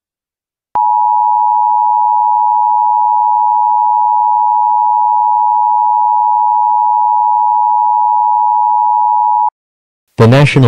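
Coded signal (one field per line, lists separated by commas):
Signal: Emergency Alert System (SAME) tones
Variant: 853 and 960 Hz attention tone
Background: speech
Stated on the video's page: Mock EAS alert with valid tones, not a real alert.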